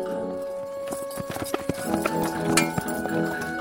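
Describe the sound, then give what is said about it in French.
A ridden horse walks freely along the road, its hooves clip-clopping in a loose, uneven rhythm of sharp knocks, with a faint jingle and a steady tonal hum underneath. “Ainsi rassuré, il poursuivit sa route, laissant son cheval marcher au gré de sa fantaisie, ce qui lui semblait le plus sûr moyen d'aller au-devant des aventures.”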